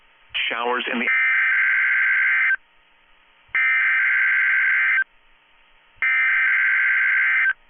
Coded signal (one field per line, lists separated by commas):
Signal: Emergency Alert System (SAME) tones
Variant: header bursts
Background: speech